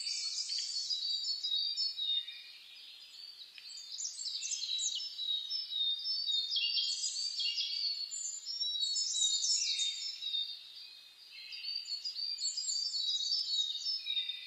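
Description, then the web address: Birds in a busy mix of songs, bright high chirps and trills overlapping throughout, dipping briefly then building again. Dawn chorus (reimei) of birdsong (saezuri), recorded on 10 May 2010 at 04:01. "sounds data 2010 reimei DH-D 50-saezuri-20100510-0401"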